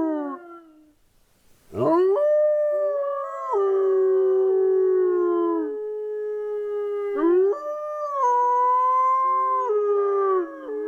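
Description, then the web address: Wolf howling: after a brief howl and a second of quiet, several long, steady, tonal howls overlap, each holding its pitch before sliding down, with one voice starting higher. "lupo"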